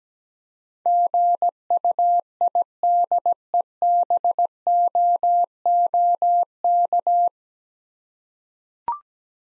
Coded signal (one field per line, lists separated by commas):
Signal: Morse code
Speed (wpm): 17 wpm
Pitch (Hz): 700 Hz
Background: none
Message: GUIDEBOOK